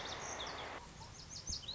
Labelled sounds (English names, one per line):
Lazuli Bunting